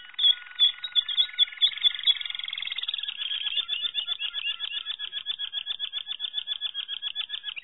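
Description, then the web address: Malinois canary song, loud rapid rolling trills with fast repeated notes, shifting into a long steady rattling series of clipped notes that continues to the end. "canarios racas canto malinois"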